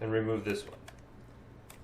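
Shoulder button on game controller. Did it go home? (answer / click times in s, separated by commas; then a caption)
released / 1.7 s. Someone talks as the second plastic shoulder button (L1) on a game controller is pried up from its middle. A single sharp click at 1.7 seconds marks the button releasing and clicking off.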